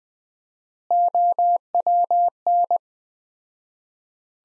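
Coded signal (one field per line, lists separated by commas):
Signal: Morse code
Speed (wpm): 20 wpm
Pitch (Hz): 700 Hz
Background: none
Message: OWN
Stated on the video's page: Morse practice sentences from the top 300 words at 20 wpm with 4x word spacing, a Farnsworth-like approach.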